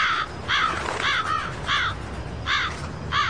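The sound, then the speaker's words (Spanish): Six large birds caw repeatedly, about six harsh, loud calls spaced roughly evenly with brief gaps, over a faint low rumble and no talking. “un escuadrón de 6 pajarracos pulgosos los siguió hasta su casa para vigilar de cerca que aquella criatura con cara de pollo hervido no estropeara sus planes.”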